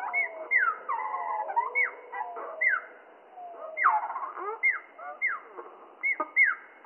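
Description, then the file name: Spotted flycatcher song in slow motion: a busy run of falling swoops and rising glides, the downward notes returning in quick succession with a brief lull around three seconds. Slowed down three octaves, mono. "GOBE MOUCHE GRIS MOINS TROIS OCTAVES MONO"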